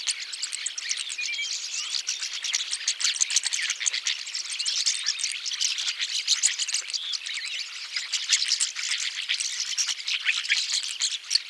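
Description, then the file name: Rosy starling song, a long, dense outpouring of rasping chatter, clicks and thin whistled squeaks without pauses. "jalak mawar"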